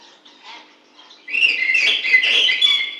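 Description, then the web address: Bird calls, soft scattered chirps followed by a sudden loud burst of dense twittering and whistled notes. "птицы"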